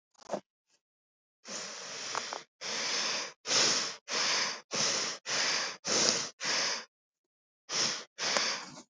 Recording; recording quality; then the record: shallow breathing; excellent, no background noise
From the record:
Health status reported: COVID-19 positive, mild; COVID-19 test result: positive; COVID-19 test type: RT-PCR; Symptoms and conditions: sore throat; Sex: female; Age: 24 years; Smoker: no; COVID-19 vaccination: both doses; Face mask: not worn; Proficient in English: yes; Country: India